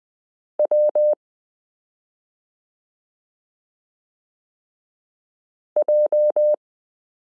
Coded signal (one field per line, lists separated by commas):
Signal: Morse code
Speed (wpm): 20 wpm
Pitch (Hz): 600 Hz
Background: none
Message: W J